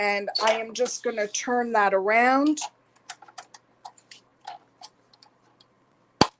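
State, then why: Seated. Someone talks, then a side-loading bobbin case is turned around and loaded into the side-loading bobbin area of a sewing machine, with a series of small light clicks and taps along the way. A sharp, loud click at 6.2 s marks the bobbin case seating in place.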